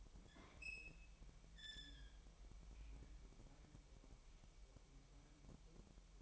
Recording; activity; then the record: daily activity, microphone in the room; open fridge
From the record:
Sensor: 1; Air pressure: 1002.0 hPa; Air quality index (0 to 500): 244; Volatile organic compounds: 49 ppm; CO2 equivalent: 3283 ppm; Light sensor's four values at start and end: 8/28/10/11 and 8/28/10/11